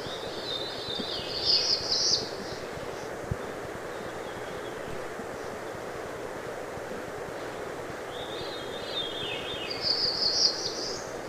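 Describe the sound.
Black-throated blue warbler giving two high, buzzy rising phrases about eight seconds apart over steady background hiss.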